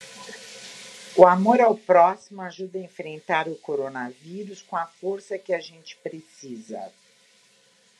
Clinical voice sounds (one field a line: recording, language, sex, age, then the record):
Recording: spoken sentence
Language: Brazilian Portuguese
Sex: female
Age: 70 to 79 years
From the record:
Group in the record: control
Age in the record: 71 years